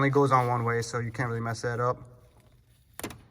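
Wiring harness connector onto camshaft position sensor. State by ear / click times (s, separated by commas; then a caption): seated / 3.0 s. A plastic wiring harness connector is pushed onto the exhaust camshaft position sensor of a BMW N54 engine in a 335i; it only fits one way. Someone talks for the first two seconds, then after a quiet pause a short, sharp click at 3.0 s shows the connector has clipped in place.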